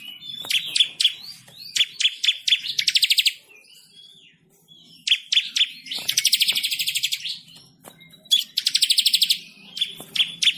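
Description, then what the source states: Bird song: fast chattering chirps mixed with long buzzy, rattling trills, separated by brief gaps. Bird with a melodious voice.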